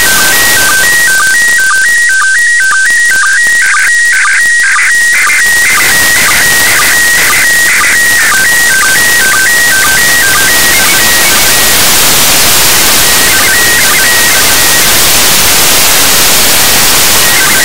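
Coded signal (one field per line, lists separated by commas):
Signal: SSTV (slow-scan television)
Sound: repeating steady 1.9 kHz tones with short low dips and warbles, then hiss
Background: radio static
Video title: 04.08.2019 13:37UTC, ISS SSTV online capture, local loop2, 145.800MHz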